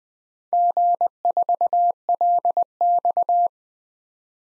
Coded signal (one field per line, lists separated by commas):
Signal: Morse code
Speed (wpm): 20 wpm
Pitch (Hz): 700 Hz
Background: none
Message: G4LX